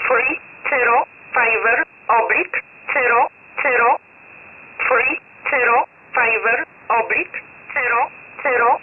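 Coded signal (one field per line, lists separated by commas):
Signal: numbers station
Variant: E11 Oblique, English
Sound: about a dozen short spoken words, evenly paced, over a faint steady tone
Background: radio static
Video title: 04 06 2021 Number station E11 Oblique in English to Eu 1000 on 12153 unknown tx site in USB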